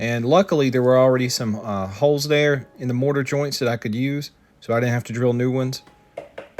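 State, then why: Not seated. Someone talks while a wooden floating mantle is handled onto metal brackets anchored in existing holes in the mortar joints of a brick fireplace. A few short knocks follow near 6.2, 6.4 and 6.6 seconds. Nothing has seated or clicked yet.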